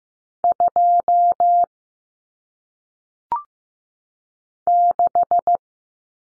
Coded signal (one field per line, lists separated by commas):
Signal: Morse code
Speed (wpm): 15 wpm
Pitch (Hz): 700 Hz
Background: none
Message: 2 6